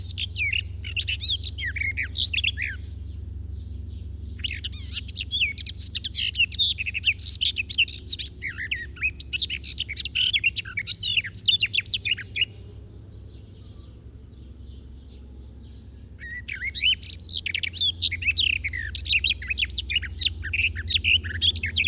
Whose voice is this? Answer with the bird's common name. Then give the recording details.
Garden Warbler. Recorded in the wild. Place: Bergen, Insel Rügen, Mecklenburg-Vorpommern, DE. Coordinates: 54.4135, 13.432. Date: 1969-07-10. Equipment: Nagra III BH, Sennheiser MD 21, parabola. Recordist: Schubert, Michael